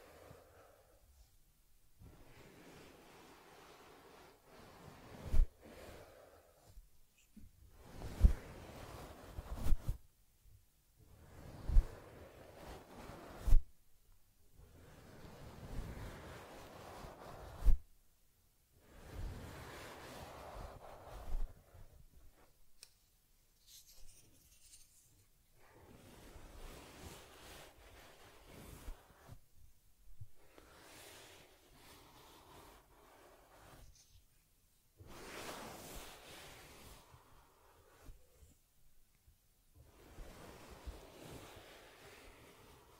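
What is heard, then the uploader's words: Soft rubbing and combing strokes on a teddy's fur come in separate passes of a second or two, broken by short pauses. The sounds are hushed, with a few sharp taps and clicks between about five and eighteen seconds. ASMR Taking Care of Teddy Head Massage, Facial Cleansing, Fur Combing and Ear Cleaning(No Talking).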